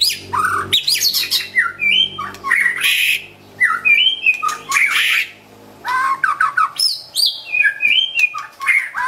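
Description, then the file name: White-rumped shama singing in bursts of loud, scratchy notes and clear fluting whistles, phrases separated by short gaps. Wild bird from a forest near Medan, singing actively (gacor). "suara burung murai batu hutan medan gacor"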